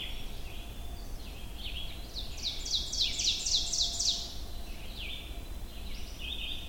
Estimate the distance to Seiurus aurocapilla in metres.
about 30 m